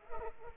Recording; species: mosquito wingbeat signal from an infrared sensor; Culex pipiens